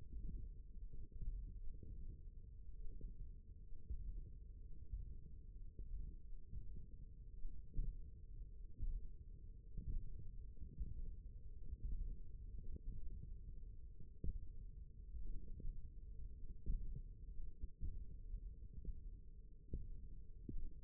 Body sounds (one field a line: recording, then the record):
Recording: forearm muscle sounds (acoustic myography)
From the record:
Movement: finger pinch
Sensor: system 1, eight BSWA MPA416 microphones around the upper forearm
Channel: 2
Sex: male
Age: 20 years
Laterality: left